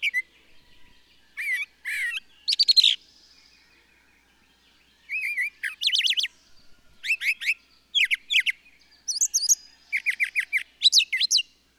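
Bird song of sharp, high chirping phrases and slurred whistles, a quiet stretch near the middle, then lively repeated bursts.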